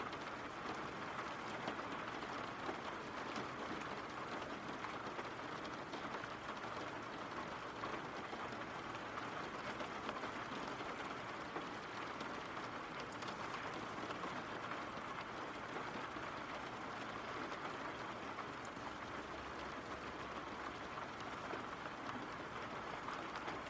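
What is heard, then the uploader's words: Rain falls steadily throughout, a dense, even hiss with no pauses or swells. Countless small drops patter at a fast, irregular pace, bright in tone, while a faint low rumble sits underneath for the whole stretch. RAIN SOUNDS.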